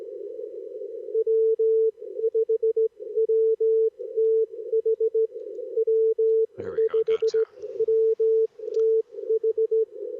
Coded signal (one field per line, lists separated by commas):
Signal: Morse code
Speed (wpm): 19 wpm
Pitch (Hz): 440 Hz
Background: none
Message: W5WTH W5WTH